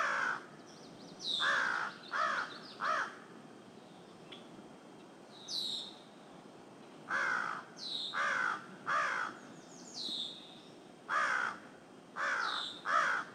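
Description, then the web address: Crow cawing in short harsh bursts, mostly in quick runs of two or three, spread throughout over a steady hiss of background noise. "anemoi. crow"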